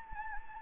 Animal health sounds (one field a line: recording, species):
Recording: mosquito wingbeat signal from an infrared sensor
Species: Anopheles gambiae